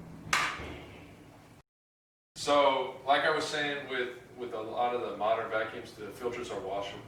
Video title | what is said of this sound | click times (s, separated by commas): Shark Navigator Swivel Plus Basic Maintenance | And you just put it back, you'll hear it click. | 0.3 s